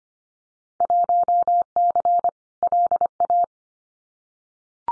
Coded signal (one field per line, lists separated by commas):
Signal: Morse code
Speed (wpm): 25 wpm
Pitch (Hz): 700 Hz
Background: none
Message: 1C LA